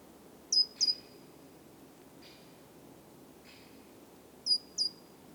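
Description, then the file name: Great tit calls: a pair of high thin notes at the start and another pair near the end, over steady low background noise. "Parus major"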